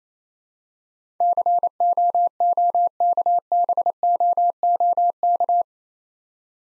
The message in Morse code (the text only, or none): COOKBOOK